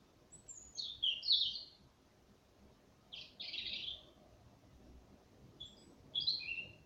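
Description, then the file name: European robin song: three short phrases of thin, high notes sliding into jumbled, tinkling warbles, separated by pauses of a second or more, over faint low background noise. "Erithacus rubecula"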